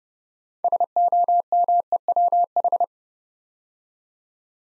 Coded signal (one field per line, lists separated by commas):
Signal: Morse code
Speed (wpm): 29 wpm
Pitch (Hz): 700 Hz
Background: none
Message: SOMEWH